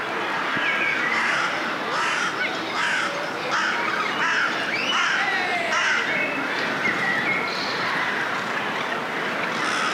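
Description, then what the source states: Many crows give raucous, overlapping caws in a constant noisy flock chorus, with individual coarse calls rising above the din. A chorus of crows calling together.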